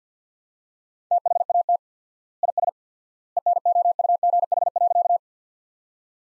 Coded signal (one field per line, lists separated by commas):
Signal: Morse code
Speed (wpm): 50 wpm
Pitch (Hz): 700 Hz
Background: none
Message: THAT IS ENOUGH.